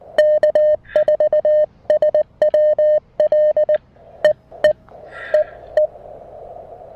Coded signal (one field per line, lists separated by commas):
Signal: Morse code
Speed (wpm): 19 wpm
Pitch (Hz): 610 Hz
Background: none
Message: K4SWL E E E E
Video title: A quick Emtech ZM-2 manual ATU tutorial and POTA activation with the Mountain Topper MTR-4B!